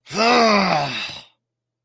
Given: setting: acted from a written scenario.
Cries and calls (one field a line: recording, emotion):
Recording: vocal sound without words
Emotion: anger